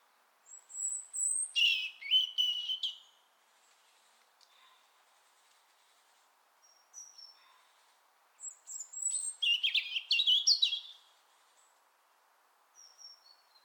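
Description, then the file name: European robin song: two phrases, each opening with a thin high whistle, then tumbling warbles and trills, with soft quieter notes between and a brief high note near the end. "Erithacus rubecula"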